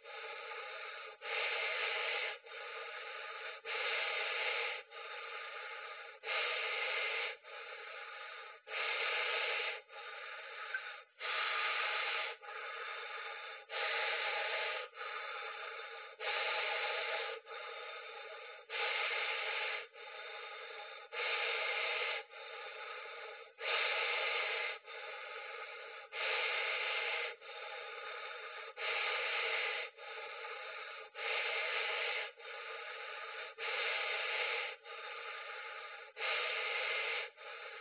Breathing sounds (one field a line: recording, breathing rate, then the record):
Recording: paced breathing near a phone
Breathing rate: 24 breaths a minute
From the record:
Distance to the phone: 20 cm